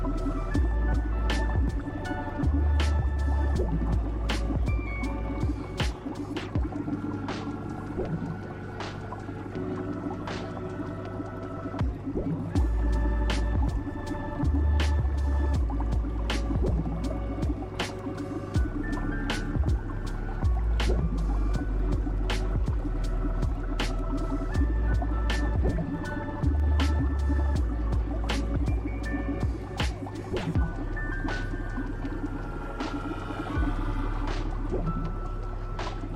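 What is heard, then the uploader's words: Aquarium ambience: a steady low hum and bubbling water, with frequent small clicks and drips and a deep motor pulse recurring every few seconds. Aquarium ambience. Water bubbles.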